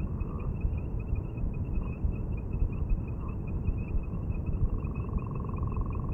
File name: Gopher Frog Calls